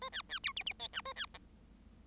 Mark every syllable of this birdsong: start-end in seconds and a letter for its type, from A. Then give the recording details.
0.01-0.10 A, 0.12-0.22 B, 0.29-0.39 B, 0.43-0.52 C, 0.56-0.63 D, 0.66-0.73 D, 0.79-0.88 E, 0.93-1.01 F, 1.05-1.13 A, 1.16-1.26 B, 1.34-1.38 G. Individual Bird7